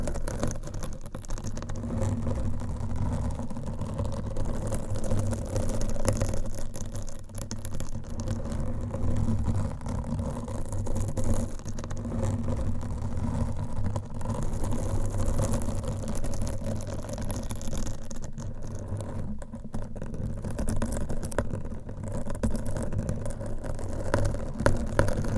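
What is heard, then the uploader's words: Continuous scratching of nails and covers against a microphone fills the whole clip with a dense, gritty rasp over a low, droning rumble. The texture stays steady, with brief sharper scrapes and short dips, especially around the twenty-second mark. ASMR Mic Scratching Brain Scratching with 50 DIFFERENT MICSCovers & Nails No Talking.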